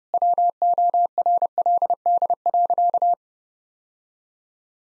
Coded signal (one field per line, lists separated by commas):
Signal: Morse code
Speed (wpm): 32 wpm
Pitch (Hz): 700 Hz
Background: none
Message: WORLD.